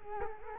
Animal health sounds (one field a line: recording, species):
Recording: mosquito wingbeat signal from an infrared sensor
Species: Culex quinquefasciatus